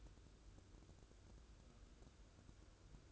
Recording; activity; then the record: daily activity, microphone in the room; take from stove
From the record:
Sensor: 2